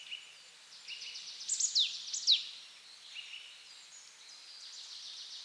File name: Poecile palustris